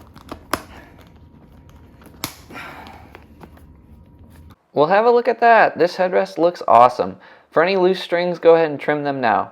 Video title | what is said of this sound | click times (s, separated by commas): TMI Headrest Upholstery Install - Tips, Tricks & Special Tool | Switch between sides, pushing until you hear a click on both sides. | 0.5 s, 2.2 s